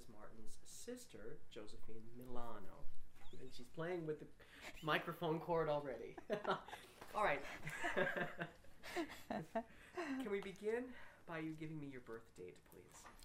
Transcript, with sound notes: Martin's sister, Josephine Milano. And she's playing with the microphone cord already. (they laugh) All right. Can we begin by you giving me your birth date, please?